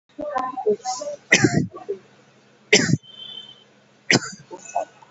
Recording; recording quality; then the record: shallow voluntary cough; moderate, slight background noise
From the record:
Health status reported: COVID-19 positive, mild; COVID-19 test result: positive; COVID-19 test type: RT-PCR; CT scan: not taken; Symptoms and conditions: cough, fatigue, diarrhoea, hypertension, diabetes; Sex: male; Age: 66 years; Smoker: no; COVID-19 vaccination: both doses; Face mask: not worn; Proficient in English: yes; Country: India